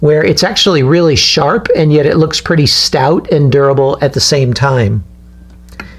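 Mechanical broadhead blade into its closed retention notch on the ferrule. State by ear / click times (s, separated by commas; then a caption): seated / 5.7 s, 5.8 s. Someone talks for about five seconds, then a blade of a mechanical archery broadhead is pushed closed into its retention notch on the ferrule, snapping into place at the top with no O-ring or retention ring. Two short sharp clicks at 5.7 s and 5.8 s mark the blade seating.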